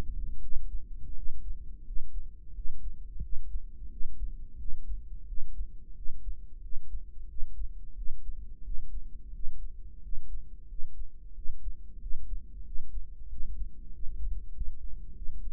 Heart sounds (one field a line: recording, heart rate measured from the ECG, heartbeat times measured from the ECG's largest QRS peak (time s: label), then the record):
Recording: heart sounds by microphone in the right ear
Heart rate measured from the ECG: 90 bpm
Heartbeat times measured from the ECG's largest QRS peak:
0.42 s: heartbeat
1.16 s: heartbeat
1.86 s: heartbeat
2.55 s: heartbeat
3.23 s: heartbeat
3.91 s: heartbeat
4.59 s: heartbeat
5.28 s: heartbeat
5.96 s: heartbeat
6.62 s: heartbeat
7.29 s: heartbeat
7.97 s: heartbeat
8.65 s: heartbeat
9.34 s: heartbeat
10.03 s: heartbeat
10.69 s: heartbeat
11.36 s: heartbeat
12.01 s: heartbeat
12.65 s: heartbeat
13.30 s: heartbeat
13.93 s: heartbeat
14.54 s: heartbeat
15.15 s: heartbeat
From the record:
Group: healthy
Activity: rest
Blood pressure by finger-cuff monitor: 128/81 mmHg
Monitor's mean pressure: 98 mmHg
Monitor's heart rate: 88 bpm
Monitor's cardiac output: 7.3 L/min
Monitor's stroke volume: 83 mL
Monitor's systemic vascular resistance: 980 dyn s/cm5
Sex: male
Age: 21 years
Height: 175 cm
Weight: 72.6 kg